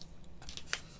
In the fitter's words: they also click in place boom and you do